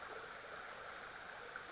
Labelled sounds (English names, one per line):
Western Flycatcher